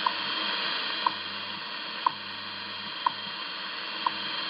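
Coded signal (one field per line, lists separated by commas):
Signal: radio time signal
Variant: WWV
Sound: five sharp ticks one second apart through steady hiss, faint low hum underneath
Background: radio static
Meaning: Each tick marks one second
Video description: WWV time signals Boulder Colorado 25 Mhz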